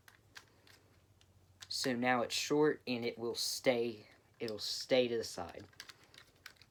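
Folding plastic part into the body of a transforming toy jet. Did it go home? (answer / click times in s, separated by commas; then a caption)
yes / 0.4 s. A folding plastic part of a transforming toy jet is pushed into the jet's body until a small catch clicks into place at about 0.4 s, with a few other faint plastic clicks around it. Someone then talks from about 1.7 s to 5.5 s, and more light plastic clicks follow near the end as the part is seated and stays folded to the side.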